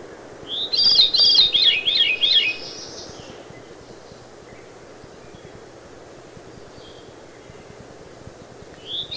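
Veery song: one breezy, spiralling phrase that rolls downward in pitch over about two seconds, followed by quiet background hiss and a faint start of another phrase.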